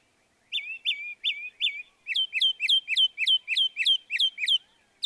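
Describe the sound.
Northern mockingbird song: four clear, down-slurred whistles, then a fast string of bright, repeated chirps at a steady rhythm.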